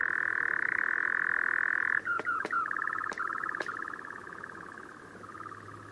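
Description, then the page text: European nightjar churring: a steady mechanical trill that drops to a lower pitch after two seconds, with several sharp clicks, then a wavering churr that gradually fades. "Tomas Belka - Обыкновенный козодой (Caprimulgus europaeus)"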